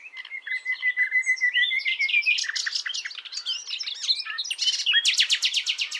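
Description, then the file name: Common nightingale song: a long level whistled note, then a fast jumble of varied chirps and slurred notes, ending in a loud run of sharp repeated notes. "Luscinia megarhynchos"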